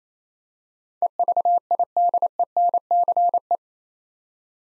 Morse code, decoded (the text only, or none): EVIDENCE